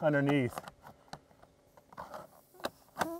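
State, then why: Seated. Someone talks briefly as a vinyl siding panel on a house wall, unclipped with a siding tool, is pulled down and pushed back into the J-clip (J-channel) underneath. Soft scraping and tapping lead to sharp clicks at 2.7 s and 3.0 s as the panel locks in place, seated in the clip.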